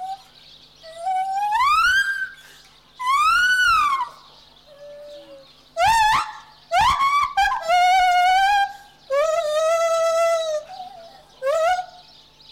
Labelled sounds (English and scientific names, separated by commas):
Lar Gibbon (Hylobates lar)